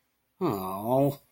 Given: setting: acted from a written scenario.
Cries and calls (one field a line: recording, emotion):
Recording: vocal sound without words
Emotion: disappointment